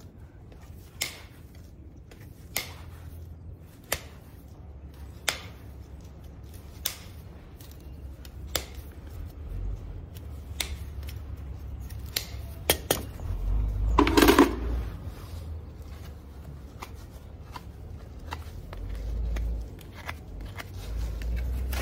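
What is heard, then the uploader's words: Hoof restoration work: sharp clipping snips recur every second or two over a low steady hum, with a louder scraping burst near fourteen seconds. Hoof restoration.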